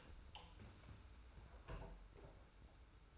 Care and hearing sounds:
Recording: daily activity, microphone in the room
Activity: open door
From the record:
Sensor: 2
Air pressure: 991.5 hPa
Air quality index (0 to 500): 145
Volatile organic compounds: 325 ppm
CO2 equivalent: 4534 ppm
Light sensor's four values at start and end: 32/95/37/35 and 32/94/37/35

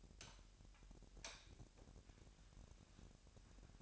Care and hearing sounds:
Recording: daily activity, microphone in the room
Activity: light on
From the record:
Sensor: 2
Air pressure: 1011.8 hPa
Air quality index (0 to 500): 210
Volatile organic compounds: 3 ppm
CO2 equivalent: 1482 ppm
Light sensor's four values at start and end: 10/24/10/11 and 15/39/16/16

